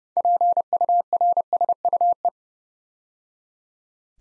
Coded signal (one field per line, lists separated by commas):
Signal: Morse code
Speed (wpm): 29 wpm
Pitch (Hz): 700 Hz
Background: none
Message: PURSUE